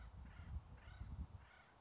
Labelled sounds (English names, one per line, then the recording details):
Acorn Woodpecker
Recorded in Sonoma County, California